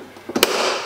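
An M12 power tool battery is pushed into a plastic wall-mounted battery holder. A softer contact sound at 0.4 s is followed by a sharp snap at 0.4 s as the battery seats in the holder so it won't fall out. No one talks in the clip.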